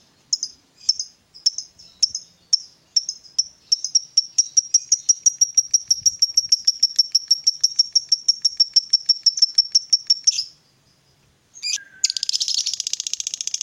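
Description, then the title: Lovebird chirping: spaced high chirps that speed up into a long rapid trill, a short silence, then a renewed burst of dense buzzy chatter. Lovebird whose style makes it look very clever at memancing, luring or provoking other birds into calling. "Dari Gayanya Lovebird Ini Terlihat Pintar Sekali Memancing"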